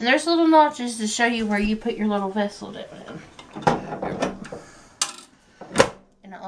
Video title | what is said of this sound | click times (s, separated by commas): Yeast Rolls | And it locks into place. | 5.0 s